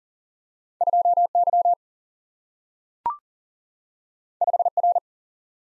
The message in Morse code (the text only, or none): 2 Y 5 R